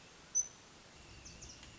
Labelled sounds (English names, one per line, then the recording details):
Hermit Thrush
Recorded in Sonoma County, California